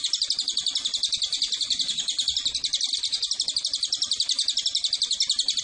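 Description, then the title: Cililin giving a continuous, high, rapid trill of evenly repeated buzzy notes, steady throughout without a break. Recording used as a master for training songbirds or as a lure to attract Cililin. "MASTERAN SUARA BURUNG CILILIN PANCINGAN CILILIN"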